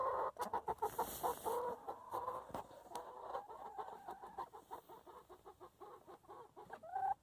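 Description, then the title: Chickens clucking in many short repeated notes, with scratchy clicks throughout. Chickens in their coop. "In the chicken coop - A csirkeólban"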